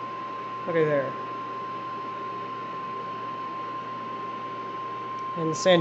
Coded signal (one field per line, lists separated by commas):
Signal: Emergency Alert System (SAME) tones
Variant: 1050 Hz attention tone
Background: speech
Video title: Scuffed tests, signal, and quakes... | EAS #1696-1701* (10/20-21/2021)